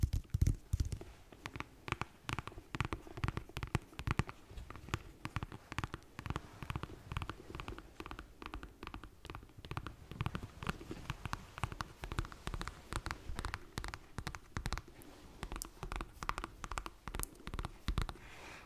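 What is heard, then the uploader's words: Slow tapping with sharp, clicky strikes that come in uneven runs, sometimes quick pairs and clusters, sometimes brief gaps. The taps stay fairly even in loudness across the nineteen seconds, over a low, steady hum underneath. ASMR Slow Tapping. In dieser Folge tappe ich auf mehr als 10 unterschiedlichen Gegenständen.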